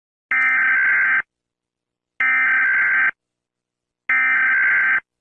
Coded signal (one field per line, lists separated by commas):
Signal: Emergency Alert System (SAME) tones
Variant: header bursts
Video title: Tuvalu EAS Alarm (2072) (FAKE) (I made This)